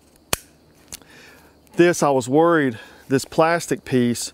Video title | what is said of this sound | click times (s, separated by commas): WALMART!! $9 Survival Saw Review | press this to unlock it and it locks into place there um | 0.3 s